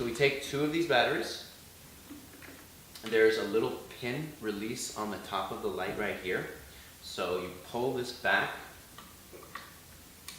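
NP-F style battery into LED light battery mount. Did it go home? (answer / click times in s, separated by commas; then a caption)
yes / 10.3 s. Someone talks while pulling back the pin release on top of a BOLING BL-50C 50W LED zoom lens spot light and sliding an NP-F style plastic battery into its battery mount. A couple of small ticks come first, then a louder click at 10.3 s as the battery seats in the mount.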